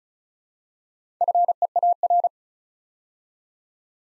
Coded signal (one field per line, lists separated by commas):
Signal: Morse code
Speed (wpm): 35 wpm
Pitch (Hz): 700 Hz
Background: none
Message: FEAR